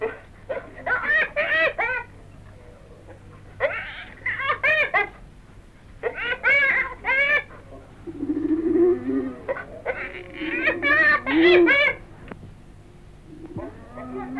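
Hyena giggling: quick staccato bursts of high cackling notes in short runs, mixed with a few lower moaning sounds.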